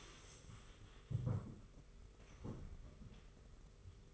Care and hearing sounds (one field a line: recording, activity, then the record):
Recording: daily activity, microphone in the room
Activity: stand up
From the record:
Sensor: 4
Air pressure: 991.2 hPa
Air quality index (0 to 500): 136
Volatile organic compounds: 52 ppm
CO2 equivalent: 3327 ppm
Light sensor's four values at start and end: 25/80/30/31 and 25/80/30/31